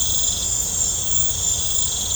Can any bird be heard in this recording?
no